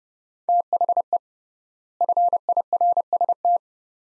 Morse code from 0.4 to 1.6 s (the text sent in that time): THE